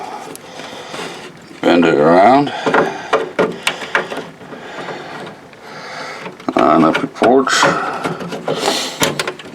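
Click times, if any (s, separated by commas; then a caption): 9.2 s. A 24-pin ATX power plug from the power supply is pushed into the motherboard power socket while someone talks, with several handling knocks and clatters along the way. A small click at 9.2 s marks the plastic clip catching on the socket's lip, and the connector is seated.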